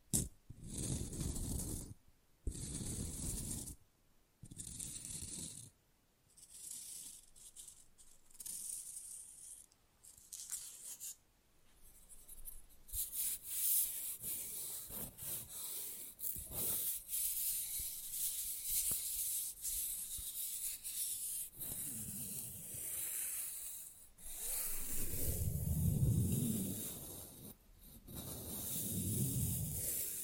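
Fast, rough nail filing in quick rasping bursts that start and stop often, with short gaps between strokes. Light taps come in between. From about halfway the filing runs longer and steadier, with a few heavier, deeper strokes near the end.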